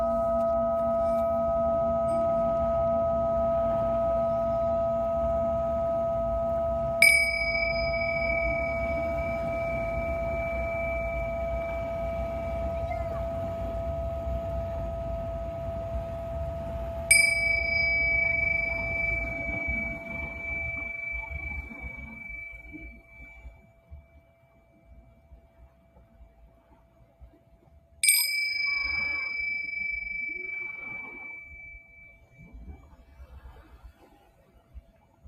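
A Tibetan singing bowl rings with a steady hum, struck with bright tones near 7, 17 and 28 seconds, the background rumble fading midway.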